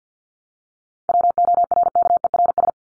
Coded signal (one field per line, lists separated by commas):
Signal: Morse code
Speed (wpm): 48 wpm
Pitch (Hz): 700 Hz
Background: none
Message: WORKERS